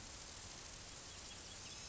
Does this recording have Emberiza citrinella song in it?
no